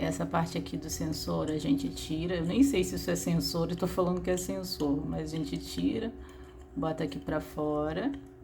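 While reassembling a 4K sports action camera that won't turn on, a small flex connector, possibly for the sensor, is handled and lined up to be pushed back into its socket on the circuit board. Someone talks over background music throughout. Nothing has seated or clicked yet.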